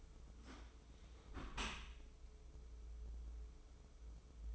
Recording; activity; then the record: daily activity, microphone in the room; close dishwasher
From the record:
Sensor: 1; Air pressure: 995.7 hPa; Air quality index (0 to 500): 57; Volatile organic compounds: 2 ppm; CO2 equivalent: 1103 ppm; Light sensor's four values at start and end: 32/109/42/44 and 32/109/42/44